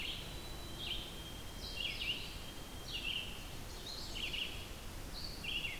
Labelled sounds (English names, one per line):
Red-eyed Vireo song